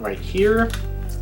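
A plastic screen magnifier attachment is being slid toward a slot on a handheld game console accessory while someone talks, with a steady low hum in the background. Nothing has seated or clicked yet.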